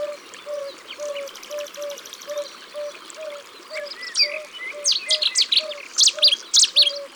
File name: Bouscarle de Cetti